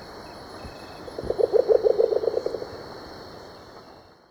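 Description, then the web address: Band-bellied owl uttering one brisk burst of many short hoots that fade toward the end, over a constant high-pitched hum. Ecuador. "Birds of Ecuador. Band-Bellied Owl"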